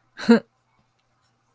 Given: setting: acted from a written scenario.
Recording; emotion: vocal sound without words; contempt